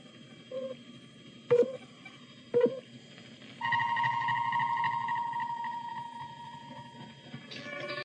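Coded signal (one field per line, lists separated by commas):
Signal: radio time signal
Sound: three short low beeps about a second apart, then one long higher tone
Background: background hum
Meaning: The long tone marks the top of the hour, 5 o'clock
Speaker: 한국 가정에 알맞는 금성 한국형 냉장고 금성사적 음식으로 5시를 알려드리겠습니다.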